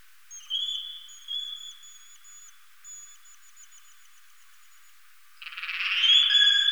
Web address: Rhinolophus megaphyllus